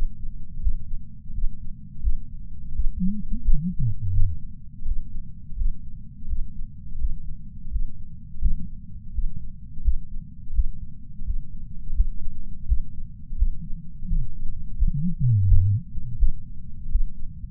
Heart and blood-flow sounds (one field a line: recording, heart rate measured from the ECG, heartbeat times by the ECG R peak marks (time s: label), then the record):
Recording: heart sounds by patch sensor on the chest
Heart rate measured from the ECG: 85 bpm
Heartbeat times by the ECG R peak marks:
0.60 s: heartbeat
1.33 s: heartbeat
2.01 s: heartbeat
2.73 s: heartbeat
3.43 s: heartbeat
4.12 s: heartbeat
4.85 s: heartbeat
5.56 s: heartbeat
6.27 s: heartbeat
6.98 s: heartbeat
7.71 s: heartbeat
8.40 s: heartbeat
9.13 s: heartbeat
9.82 s: heartbeat
10.53 s: heartbeat
11.25 s: heartbeat
11.93 s: heartbeat
12.66 s: heartbeat
13.36 s: heartbeat
14.07 s: heartbeat
14.76 s: heartbeat
15.47 s: heartbeat
16.17 s: heartbeat
16.89 s: heartbeat
From the record:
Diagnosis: coronary artery disease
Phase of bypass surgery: postoperative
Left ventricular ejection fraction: 53.3%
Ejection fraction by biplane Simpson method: 55.1%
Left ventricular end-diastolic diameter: 44 mm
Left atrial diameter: 43 mm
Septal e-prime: 6 cm/s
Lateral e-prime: 8.6 cm/s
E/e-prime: 11.9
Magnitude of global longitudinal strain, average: 15.4%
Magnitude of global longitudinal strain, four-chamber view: 16.2%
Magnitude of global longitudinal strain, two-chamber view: 15.5%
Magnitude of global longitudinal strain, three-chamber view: 14.5%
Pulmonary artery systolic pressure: 30 mmHg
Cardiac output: 3.65 L/min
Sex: male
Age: 64 years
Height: 175 cm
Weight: 85 kg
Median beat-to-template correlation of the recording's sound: 0.88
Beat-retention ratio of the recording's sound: 1.00